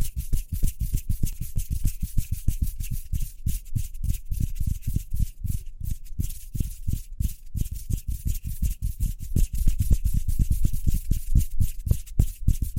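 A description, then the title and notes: Hands rub together quickly in a fast, steady rhythm of about five or six strokes per second. Each pass carries a soft low thump with a dry, bright hiss on top. The pace stays even for the whole stretch, with only a brief looser moment around the middle. ASMR Speedy Hand Sounds (No Talking).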